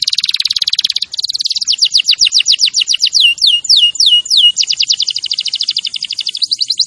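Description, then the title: Canary song, a continuous fast trill that turns into a run of loud sweeping downslurred notes, then back into quick repeated rolling notes. Canary singing vigorously and continuously (gacor). "Kenari Gacor 10"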